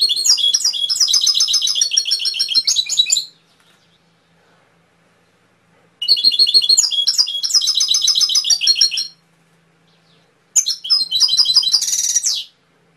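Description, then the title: Canary song in three long bursts of rapid trills and rolls, high and bright, separated by pauses. Canary training (masteran) song with full fill-in phrases (isian). "mster Mnuk. Masteran Kenari Full Isian"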